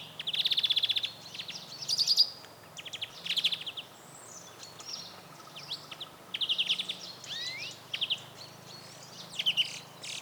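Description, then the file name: European greenfinch calls, a run of short rapid trills and twittering notes throughout, mixed with sliding whistled chirps. "Chloris chloris"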